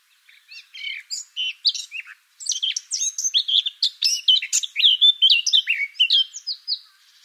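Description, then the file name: Eurasian blackcap song: a varied warble of quick notes that grows louder and richer, ending in a few clearer phrases. "Sylvia atricapilla"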